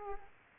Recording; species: mosquito wingbeat signal from an infrared sensor; Aedes aegypti